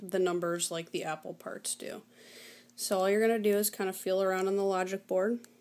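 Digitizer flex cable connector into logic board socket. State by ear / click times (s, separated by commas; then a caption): not seated / none. Someone talks while a digitizer flex cable connector is handled and felt around on an iPhone 3G or 3GS logic board during reassembly, getting ready to press it onto its socket. A brief sharp sound comes at about 5.7 s, right at the end. Nothing has seated or clicked yet.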